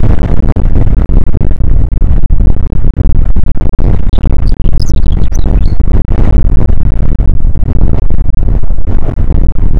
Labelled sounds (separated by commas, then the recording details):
wind
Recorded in the Prudhoe Bay oil fields, Alaska, on 29 May 2019 at 00:05
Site 25